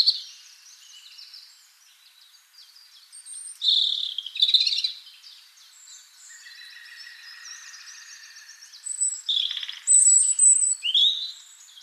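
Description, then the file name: European robin soft, jumbled high warbling with thin whistles and trills. "Erithacus rubecula"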